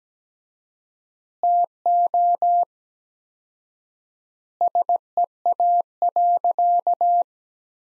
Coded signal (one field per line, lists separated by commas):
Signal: Morse code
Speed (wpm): 17 wpm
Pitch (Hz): 700 Hz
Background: none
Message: TO SEA.